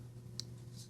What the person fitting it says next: Listen to that. Can definitely hear it click now.